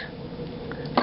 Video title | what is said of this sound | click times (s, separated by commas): Transformers fall of cybertron bruticus part 3: Onslaught | in good and then this thing you pull out two clicks and | 0.7 s, 1.0 s